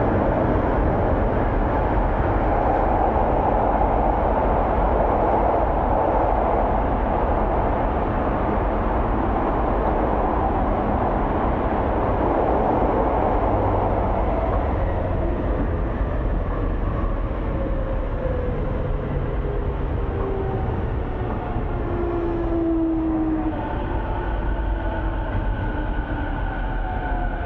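A train ride home in Tokyo, with a steady, dense rumble and rattle from the carriage that hardly changes in level throughout. After about fifteen seconds, faint tones glide down in pitch over the noise, one brief squeal standing out near twenty-two seconds.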